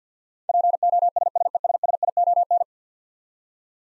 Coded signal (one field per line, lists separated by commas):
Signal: Morse code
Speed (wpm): 50 wpm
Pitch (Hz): 700 Hz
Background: none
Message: POSSESSION